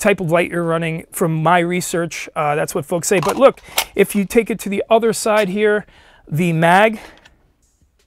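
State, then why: Not seated. Someone talks while handling a pistol magazine at the kydex magazine carrier on a holster, with speech filling most of the clip before it falls nearly silent after about 7.3 seconds. The magazine has not yet been pushed home, and nothing has seated or clicked yet.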